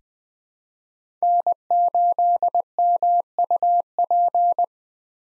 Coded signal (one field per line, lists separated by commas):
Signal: Morse code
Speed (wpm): 20 wpm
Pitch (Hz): 700 Hz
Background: none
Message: N8MUP